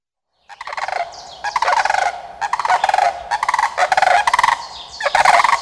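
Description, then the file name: Sandhill crane giving rolling, rattling bugled calls in bursts, each a rapid series of hoarse pulses, with short pauses between phrases. "Sandhill Crane Lang Elliott"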